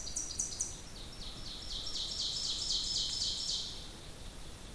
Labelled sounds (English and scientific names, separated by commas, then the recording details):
Ovenbird (Seiurus aurocapilla) song
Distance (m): 40 m
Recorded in boreal forest in Alberta, Canada, on 2 June 2016 at 06:42
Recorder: SongMeter 3, array SBT-3-7
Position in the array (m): 341 m, 105 m
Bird 44